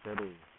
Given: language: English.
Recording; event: throat vibration sensor signal played as sound; speech